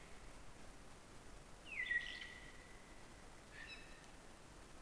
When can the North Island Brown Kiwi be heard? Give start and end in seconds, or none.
none